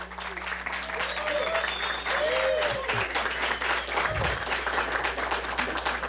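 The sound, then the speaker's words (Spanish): Sustained applause from a live audience in the auditorium of Radio UV for the choir of the Universidad Veracruzana: a dense, steady wash of many hands clapping at an even loudness for several seconds, with a few faint voices and whoops mixed in. “Y tenemos público en vivo en el auditorio de Radio UV, y vamos a brindarles, por supuesto, un caluroso aplauso a nuestro grupo consentido de la radio, el coro de la Universidad Veracruzana, que hay que decirlo.”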